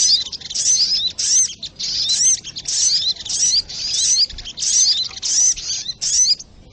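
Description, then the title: Little Spiderhunter: high, thin chattering song, rapid twitters in short packets following one another with brief gaps. Masteran (training recording) of the Sogok Ontong, labaik. "Masteran Burung Sogok Ontong Labaik"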